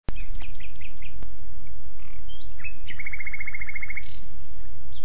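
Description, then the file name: Common nightingale phrases: scattered short chirps, then a rapid even trill lasting about a second, against a low continuous rumble. "Luscinia megarhynchos"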